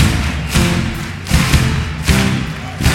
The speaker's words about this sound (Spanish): Y aplaude así